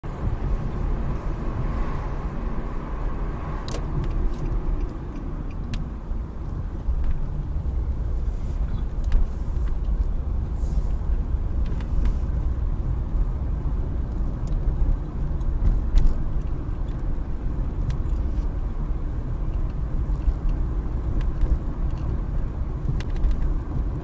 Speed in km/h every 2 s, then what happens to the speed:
50, 45, 34, 23, 24, 27, 31, 31, 31, 31, 32, 32.
0-5 brakes to 23. 9-12 speeds up to 31. 12-24 steady at about 31.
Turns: none.